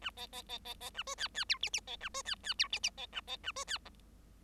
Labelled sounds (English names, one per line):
Bengalese Finch song